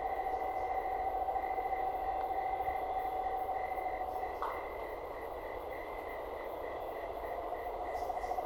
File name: canto do corujinha sapo